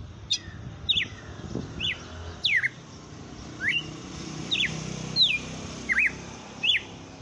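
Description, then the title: Red-cowled cardinal song of about ten short sharp whistled notes, falling and rising in turn, unevenly spaced, with faint background hiss. Female; bird named Fenrir. "Canto Galo Campina Fêmea. Galo de campina cantando na cara do FREGUÊS - Esse é o FENRIR"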